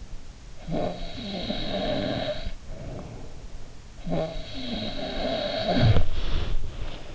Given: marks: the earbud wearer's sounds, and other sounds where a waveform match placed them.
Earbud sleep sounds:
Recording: sounds in sleep by an in-ear microphone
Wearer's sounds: snoring breath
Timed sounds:
0.69-3.23 s: snoring breath
4.03-7.15 s: snoring breath

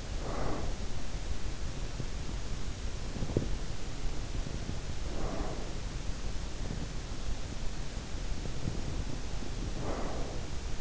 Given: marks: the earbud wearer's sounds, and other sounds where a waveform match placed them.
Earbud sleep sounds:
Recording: sounds in sleep by an in-ear microphone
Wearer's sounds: breath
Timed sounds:
0.00-0.91 s: breath
4.99-5.99 s: breath
9.71-10.81 s: breath

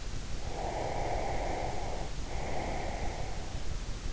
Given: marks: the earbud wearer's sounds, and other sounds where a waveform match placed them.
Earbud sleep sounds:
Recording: sounds in sleep by an in-ear microphone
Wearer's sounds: breath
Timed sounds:
0.51-3.50 s: breath

